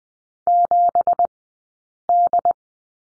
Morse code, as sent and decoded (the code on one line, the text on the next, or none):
--... -..
7D